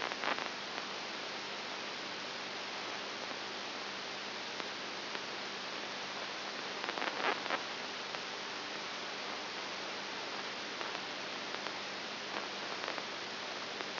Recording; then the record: brain microelectrode recording played as sound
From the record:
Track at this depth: outside the subthalamic nucleus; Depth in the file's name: 7.5 mm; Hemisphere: left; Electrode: 2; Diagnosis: Parkinson's disease